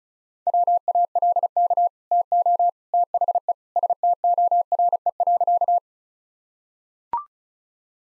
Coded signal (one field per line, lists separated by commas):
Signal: Morse code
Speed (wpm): 34 wpm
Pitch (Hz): 700 Hz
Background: none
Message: WALK TO THE STORE.